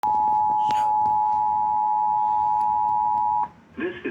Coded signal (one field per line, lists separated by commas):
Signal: Emergency Alert System (SAME) tones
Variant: 853 and 960 Hz attention tone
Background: speech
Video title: EAS: Flood Warning (!RARE!)